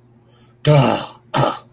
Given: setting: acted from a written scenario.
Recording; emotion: vocal sound without words; disappointment